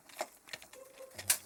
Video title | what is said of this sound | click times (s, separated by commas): JUST TRANSFORM IT!: Haslab Omega Prime Ultra Magnus (RID 2001) | There we go. Make sure they snap into place like that. | 1.3 s